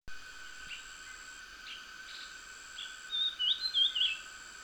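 Dusky fulvetta, faint soft notes first, then a quick high undulating warble near the end, over a steady background tone.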